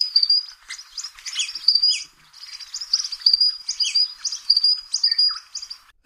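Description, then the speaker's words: Eastern Spinebill calling: rapid, thin, high piping notes in quick bursts with short pauses between, ending in an abrupt click. Described as a delicate little sound. "Now, the Eastern Spinebill that we just heard about, this is what the Eastern Spinebill sounds like."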